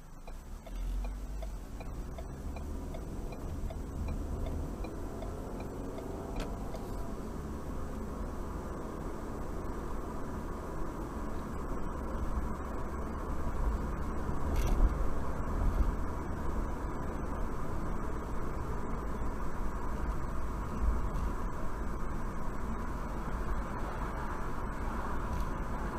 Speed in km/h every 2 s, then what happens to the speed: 3, 16, 31, 39, 45, 52, 58, 63, 66, 66, 68, 64, 66.
0-14 speeds up to 63. 14-26 steady at about 66.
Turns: none.